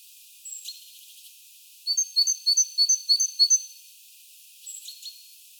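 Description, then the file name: Great tit song of about six rapid, ringing two-note phrases in a regular see-saw rhythm, with fainter scattered chirps before and after. "Parus major"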